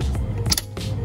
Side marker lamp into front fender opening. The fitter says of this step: just snaps right in like that already that looks 10 times better so